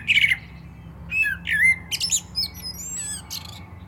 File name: Turdus merula